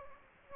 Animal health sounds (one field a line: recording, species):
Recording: mosquito wingbeat signal from an infrared sensor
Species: Aedes aegypti